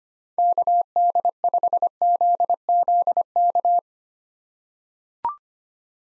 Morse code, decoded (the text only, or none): KD5ZZK